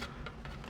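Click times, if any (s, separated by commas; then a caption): none. A toy Lightning Power Morpher is fitted the other way into its belt holster, giving only soft plastic knocks at about 0.3, 0.5 and 0.7 seconds. Nothing has clicked into place, and the fit is less secure.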